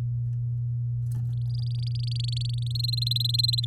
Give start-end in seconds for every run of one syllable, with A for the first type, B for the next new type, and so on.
1.50-2.68 A, 2.70-3.65 B